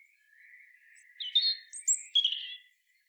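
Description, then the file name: European robin giving a quiet phrase of a few thin high notes and a short twitter. "Erithacus rubecula"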